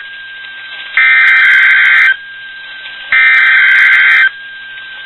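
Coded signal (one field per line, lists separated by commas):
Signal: Emergency Alert System (SAME) tones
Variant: header bursts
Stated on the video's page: NOAA Weather Radio weekly tests.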